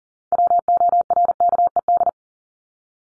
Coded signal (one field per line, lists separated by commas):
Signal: Morse code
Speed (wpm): 40 wpm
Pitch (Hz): 700 Hz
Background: none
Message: WORKED